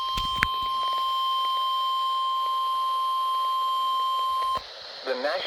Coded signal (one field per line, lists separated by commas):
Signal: Emergency Alert System (SAME) tones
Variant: 1050 Hz attention tone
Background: speech